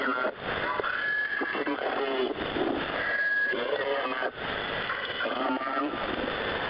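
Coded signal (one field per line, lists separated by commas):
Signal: coded military voice message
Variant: T-Marker, Russian voice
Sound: a male voice reading code words and numbers through heavy shortwave noise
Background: radio static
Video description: T-Marker | 17th June 2024 | Monolith Voice Message!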